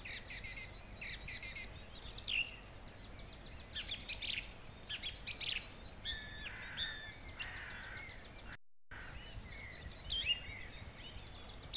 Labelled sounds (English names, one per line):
Song Thrush song